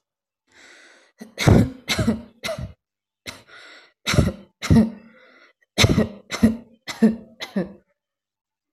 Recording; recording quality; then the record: shallow voluntary cough; excellent, no background noise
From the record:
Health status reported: healthy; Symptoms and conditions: none ticked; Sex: female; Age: 28 years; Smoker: not ticked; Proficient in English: yes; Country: India